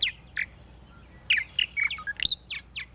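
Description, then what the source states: Purple martin giving liquid chirps and gurgles, brief bright notes in loose bursts, with one faint click midway. Described as a sweet voice.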